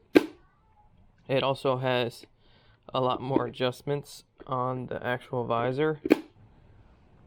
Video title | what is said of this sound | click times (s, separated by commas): Ruroc Atlas 3.0 Liquid Carbon Unboxing!! | and then it's easy to pop that back out | 0.2 s